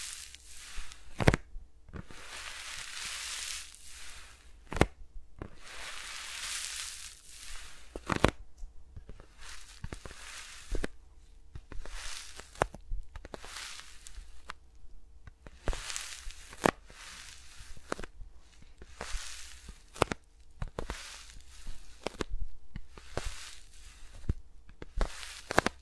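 ASMR with mics around fingers: repeated rustling swipes and sharp taps, irregular every second or so, with a low steady hum underneath.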